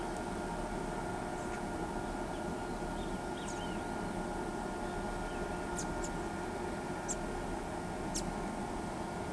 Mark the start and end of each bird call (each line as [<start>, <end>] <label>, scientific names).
[5.75, 6.08] Thraupis episcopus
[7.08, 7.14] Thraupis episcopus
[8.14, 8.20] Thraupis episcopus